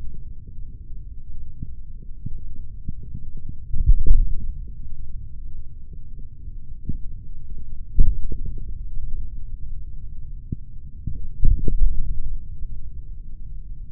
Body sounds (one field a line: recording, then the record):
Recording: forearm muscle sounds (acoustic myography)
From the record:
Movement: tripod grip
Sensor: system 3, bracelet of six PUI Audio POM-2738L microphones around the upper forearm, with dedicated amplification and filtering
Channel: 6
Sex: male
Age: 26 years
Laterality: right